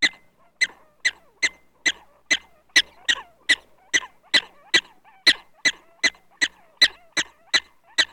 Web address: dog prairie black tailed prairie dog barking animal